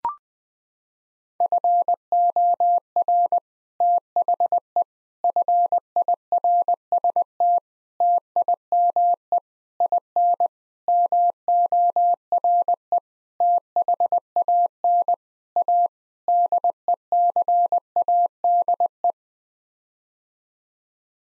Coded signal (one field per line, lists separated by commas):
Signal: Morse code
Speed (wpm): 21 wpm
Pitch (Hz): 700 Hz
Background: none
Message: FOR THE FIRST TIME IN MORE THAN A DECADE